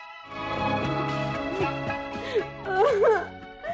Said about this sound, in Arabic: بطلي عياط. غصب عني يا ماما. تكونش لسه بتحبيه يا بنت؟ مش قوي يا ماما. امال بتعيطي ليه؟ على بختي، على بختي يا ماما